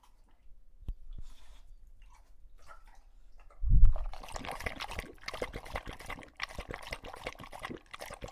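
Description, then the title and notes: English Bulldog at a water bowl, a few soft sounds, a heavy low thump near four seconds, then steady wet lapping and splashing. Male English Bulldog named Lucho, drinking water from a bowl after a long walk, breathing heavily between drinks and out of breath from the walk. "English Bulldog Drinks from Water Bowl - Weird Sounds. listen to Lucho the English Bulldog as he tries to drink water after a long walk. Don't let his heavy breathing fool you in between drinks, he's equally out of breath from the walk"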